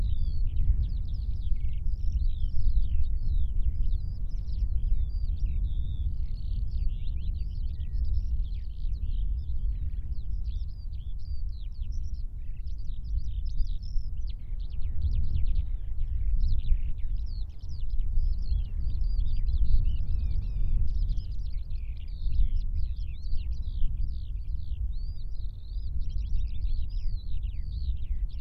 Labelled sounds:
Eurasian Skylark (Alauda arvensis)
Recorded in the wild
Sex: male
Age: adult
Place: Bad Sulza, Thüringer Becken, Thüringen, DE
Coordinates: 51.0861, 11.6503
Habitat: field
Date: 2012-03-10 14:15
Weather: 6°C, cloudy, moderate winds
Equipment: Sound Devices 702, Sennheiser MKH 415 T, Rhode Windschutz
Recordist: Frommolt, Karl-Heinz
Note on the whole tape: Feldflur östlich von Bergsulza: Gesang einer Feldlerche. Gesangsunterbrechung mit kurzen Rufen als andere Tiere vorbeiflogen. Entfernung ca. 30 bis 40 m

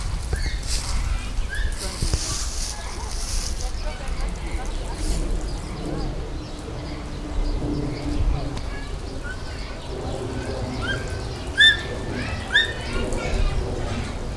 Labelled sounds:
Bonobo (Pan paniscus) call
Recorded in captivity
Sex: male
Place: Zoo Berlin, Berlin, DE
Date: 1996-04-06 14:20
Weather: fair, 10-16°C
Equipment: Sony MD-WM MZ-R3, Sennheiser MKH 416 T, Kopie Uher 4000 Report Monitor
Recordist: Tembrock, Günter

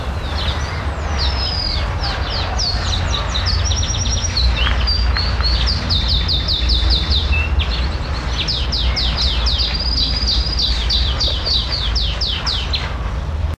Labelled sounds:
Atlantic Canary (Serinus canaria) call
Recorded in the wild
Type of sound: call
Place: Teneriffa, Kanarische Inseln, Provinz Santa Cruz de Tenerife, ES
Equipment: Halbspur, 9,5 cm/s
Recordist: Lütgens, Hans
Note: Rufe

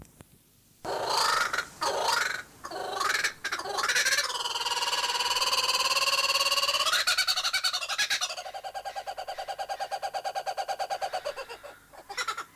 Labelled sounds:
Laughing Kookaburra (Dacelo novaeguineae) call
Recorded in captivity
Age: adult
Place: Zoo Halle, Sachsen-Anhalt, DE
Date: 2003-10-16 16:00
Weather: heiter, ca. 5-6°C
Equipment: Fair Mate ST-1328 (Asahi Electronics, Japan), Sennheiser ME 80, Kopie Uher 4000 Report Monitor
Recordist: Tembrock, Günter

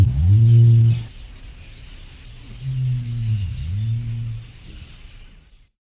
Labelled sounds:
Greater Rhea (Rhea americana)
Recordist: Tembrock, Günter
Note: Balzruf eines Männchens

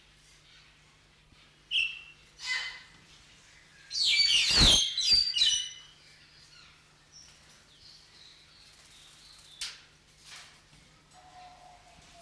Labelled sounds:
White-headed Buffalo-Weaver (Dinemellia dinemelli)
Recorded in captivity
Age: adult
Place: Zoo Berlin, Berlin, DE
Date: 1994-01-08 10:45
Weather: wolkig bis sonnig, 6 °C
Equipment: Marantz CP 430, Sennheiser MKH 416 T, Kopie Uher Variocord 263
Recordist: Tembrock, Günter

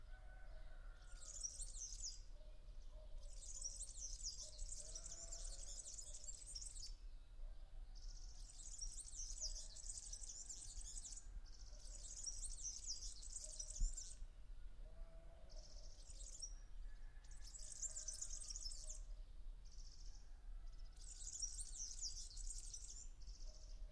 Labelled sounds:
European Serin (Serinus serinus)
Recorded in the wild
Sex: male
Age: adult
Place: Vasilikos, Zakynthos, Ionien Islands, GR
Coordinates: 37.7131, 20.9775
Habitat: coniferous forest
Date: 2012-07-04
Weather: 25°C, sunny, almost windless
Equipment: Sound Devices 702, Sennheiser MKH 415 T, Rhode Windschutz
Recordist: Frommolt, Karl-Heinz

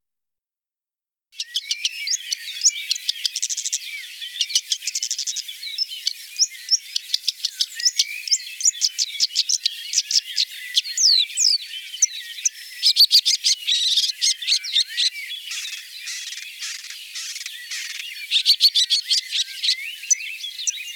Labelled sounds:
Red-backed Shrike (Lanius collurio) song
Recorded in the wild
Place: Kaiserstuhl, Baden-Württemberg, DE
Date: 1981-05-17
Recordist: Schwarz, Dieter
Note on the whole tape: Song

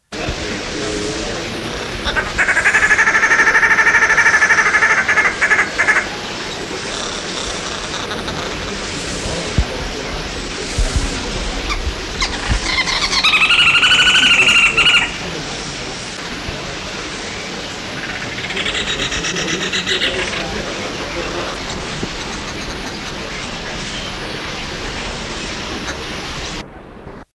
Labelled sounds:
Green Woodhoopoe (Phoeniculus purpureus) call
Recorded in captivity
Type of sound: call
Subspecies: marvitzi
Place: Vogelpark Walsrode, Niedersachsen, DE
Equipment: Halbspur, 9,5 cm/s
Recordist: Lütgens, Hans
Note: Rufe

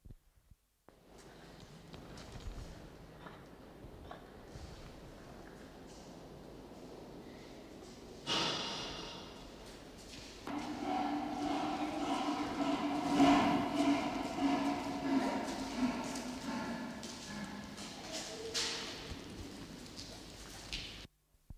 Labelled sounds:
Leopard (Panthera pardus) call
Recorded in captivity
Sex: male
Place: Zoo Halle, Sachsen-Anhalt, DE
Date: 1989-04-08 10:12
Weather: sonnig, 18°C
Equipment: Sony WM-D6C, Kopie 19 cm
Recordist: Tembrock, Günter

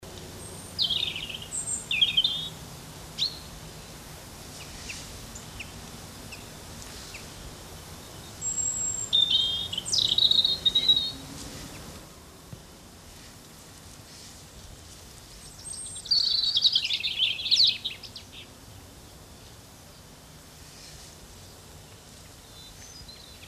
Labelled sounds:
European Robin (Erithacus rubecula) song
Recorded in the wild
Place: Locarno, Tessin, CH
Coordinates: 46.1861, 8.79083
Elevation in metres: 974
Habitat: mountains
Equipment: Uher 4000 Report
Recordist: Tretzel, Erwin

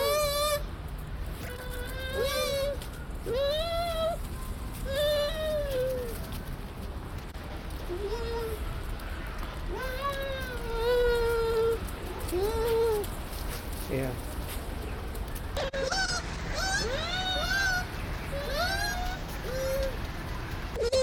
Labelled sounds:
Bush Dog (Speothos venaticus)
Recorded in captivity
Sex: pair
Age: adult
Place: Zoo Berlin, Berlin, DE
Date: 1992-11-07 12:20
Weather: bedeckt, 14°C
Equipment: Marantz CP 430, Sennheiser ME 80, Kopie Tesla B 116
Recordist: Tembrock, Günter
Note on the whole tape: Paar, Runden laufend, Weibchen mit hellerer Stimme, wiederholte Lautfolgen (wenn an Tür zum Innenraum), längere Stücke, zuletzt fiel Akku ab, Aufnahme aber korrekt)

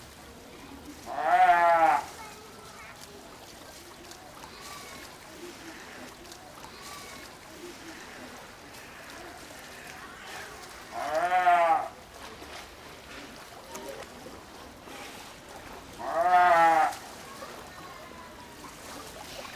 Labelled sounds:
Brown Fur Seal (Arctocephalus pusillus) call
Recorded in captivity
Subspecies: pusillus
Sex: male
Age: adult
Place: Zoo Berlin, Berlin, DE
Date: 1997-10-18 13:10
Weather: sunny, 12-15°C
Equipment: Nagra SN, Kopie Uher 4000 Report Monitor
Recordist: Tembrock, Günter

